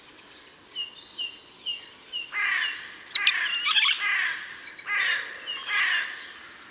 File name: Garrulus glandarius